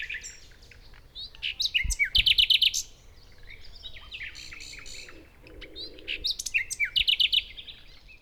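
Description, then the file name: Common nightingale song: two phrases, each opening with varied whistles and chirps, then a fast, loud run of repeated sharp notes. "Luscinia megarhynchos"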